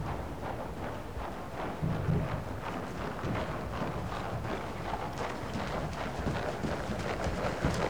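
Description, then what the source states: Horse footfalls, dense muffled thuds following one another quickly, with a few louder knocks. One horse working in an indoor school.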